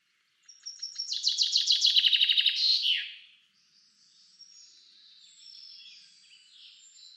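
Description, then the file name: Common chaffinch song: a quick run of bright notes descending into a sharp flourish, followed by faint twittering from other birds. "Fringilla coelebs"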